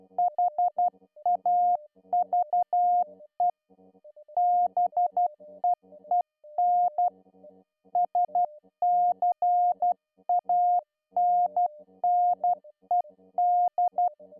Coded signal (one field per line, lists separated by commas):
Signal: Morse code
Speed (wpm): 12 wpm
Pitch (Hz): 710 Hz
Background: music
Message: HAVE BEEN SCANNED